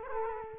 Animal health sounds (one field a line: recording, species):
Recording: mosquito wingbeat signal from an infrared sensor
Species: Culex quinquefasciatus